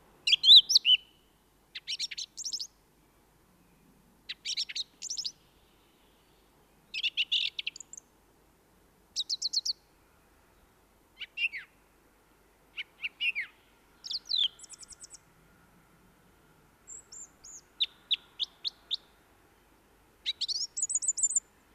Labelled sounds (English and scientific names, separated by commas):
Song Thrush (Turdus philomelos) song